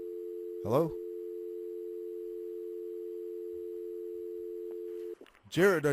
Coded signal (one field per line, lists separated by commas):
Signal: telephone call progress tone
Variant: North America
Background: speech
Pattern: dial tone